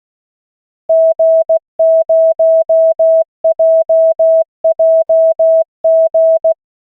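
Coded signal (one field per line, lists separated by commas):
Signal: Morse code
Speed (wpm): 16 wpm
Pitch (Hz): 650 Hz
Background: none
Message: G0JJG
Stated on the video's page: Morse callsign practice drill at 16 WPM from an online CW trainer.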